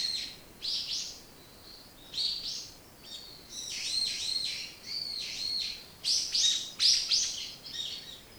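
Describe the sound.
Bird song made of quick high chirping bursts and downslurred notes, phrases separated by short gaps, with light background hiss.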